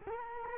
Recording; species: mosquito wingbeat signal from an infrared sensor; Culex quinquefasciatus